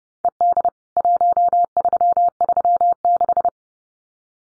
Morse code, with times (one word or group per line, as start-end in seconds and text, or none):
0.2-0.7 ED
1.0-3.5 1336